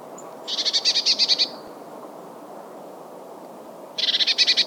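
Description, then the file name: Eurasian blue tit churring, two rattles of rapid, evenly spaced buzzy notes separated by a pause of a couple of seconds. "Cyanistes caeruleus"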